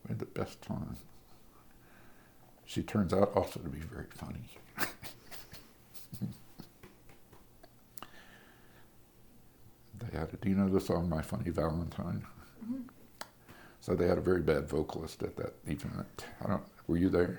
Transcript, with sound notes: We had the best time. She turns out also to be very funny. [laughter] Do you know the song, "My Funny Valentine?" So they had a very bad vocalist at that event—were you there?